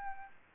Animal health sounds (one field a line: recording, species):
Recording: mosquito wingbeat signal from an infrared sensor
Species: Aedes albopictus